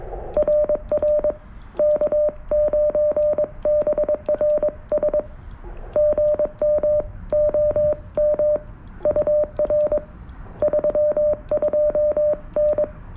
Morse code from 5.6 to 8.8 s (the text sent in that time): GM OM